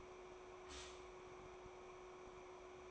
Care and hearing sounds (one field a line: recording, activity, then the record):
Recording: daily activity, microphone in the room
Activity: stop toaster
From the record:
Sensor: 1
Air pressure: 1014.8 hPa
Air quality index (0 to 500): 192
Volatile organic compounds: 28 ppm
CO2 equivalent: 2905 ppm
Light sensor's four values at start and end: 4/9/3/3 and 4/9/3/3